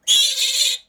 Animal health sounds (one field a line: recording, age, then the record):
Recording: pig call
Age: piglet (1 to 25 days)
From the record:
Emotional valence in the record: negative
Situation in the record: restrain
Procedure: back test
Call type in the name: high-frequency call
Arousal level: medium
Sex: male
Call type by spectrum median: high-frequency call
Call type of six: high-frequency stable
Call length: 0.88 s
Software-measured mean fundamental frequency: 522 Hz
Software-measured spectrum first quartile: 3547 Hz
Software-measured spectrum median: 4359 Hz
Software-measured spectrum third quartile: 7185 Hz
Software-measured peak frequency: 3328 Hz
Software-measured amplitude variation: 188 dB a second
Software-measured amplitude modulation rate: 16.4 a second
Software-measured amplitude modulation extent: 11.4 dB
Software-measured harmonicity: 5.2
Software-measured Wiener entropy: -2.71